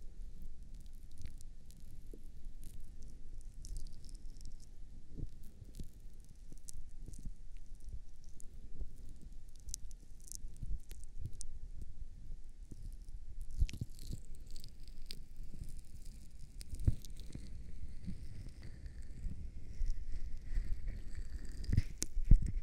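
Ears being cleaned and massaged give a dense, low rubbing and crackling throughout, with sharper scratchy squeaks and brighter rustling after about fourteen seconds.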